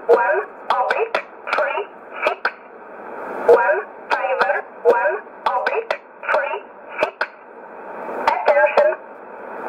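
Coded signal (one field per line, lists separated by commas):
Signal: numbers station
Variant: E11 Oblique, English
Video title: 14 04 2020 E11 Oblique Numbers station in English 0846 on 12202 unknown tx site in USB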